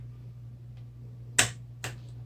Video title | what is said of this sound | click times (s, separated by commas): Farewell Series: Nelco N15 AKA Penncrest P1 Sewing Machine Instructions and Sewing Demo | the bobbins clicked into place give it a little tug just make sure it's in there don't you don't want it coming out | 1.4 s